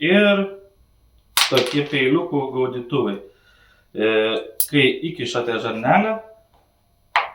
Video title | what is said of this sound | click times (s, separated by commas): CO2 sistemos | užsifiksuoja o tarpinė sudaro sandarumą norint | 7.2 s